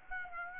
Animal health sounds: mosquito wingbeat signal from an infrared sensor; Aedes aegypti

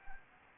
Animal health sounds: mosquito wingbeat signal from an infrared sensor; Anopheles gambiae

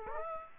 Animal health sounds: mosquito wingbeat signal from an infrared sensor; Aedes aegypti

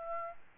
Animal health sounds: mosquito wingbeat signal from an infrared sensor; Aedes albopictus

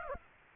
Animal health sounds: mosquito wingbeat signal from an infrared sensor; Aedes aegypti

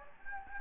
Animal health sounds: mosquito wingbeat signal from an infrared sensor; Anopheles gambiae

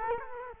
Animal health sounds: mosquito wingbeat signal from an infrared sensor; Culex quinquefasciatus

